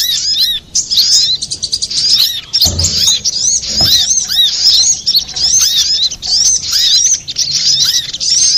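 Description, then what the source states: Little spiderhunter song, a dense, rapid stream of high, thin arched chirps and sharp ticking notes, nearly continuous, with a brief low thump near the third second. Master recording for training cage birds; Indonesian name sogok ontong, labelled Labaik.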